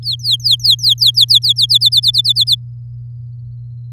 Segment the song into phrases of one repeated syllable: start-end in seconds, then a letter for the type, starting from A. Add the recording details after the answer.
0.03-1.66 A, 1.69-2.55 B. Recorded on 9 May 2018 at 13:44. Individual llb16